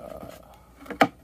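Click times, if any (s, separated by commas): 1.0 s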